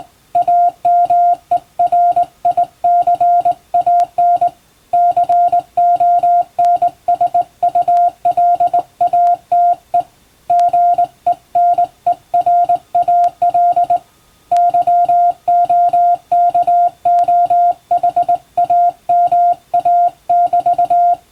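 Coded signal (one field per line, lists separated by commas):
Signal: Morse code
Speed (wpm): 20 wpm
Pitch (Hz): 700 Hz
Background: music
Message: AMERICAN CONSULATE GENERAL YOKOHAMA<BT>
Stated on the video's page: Morse radiotelegram sent on a vertical straight key, practice using a text for sending English-language telegrams, in the style of ship-to-coast-station traffic.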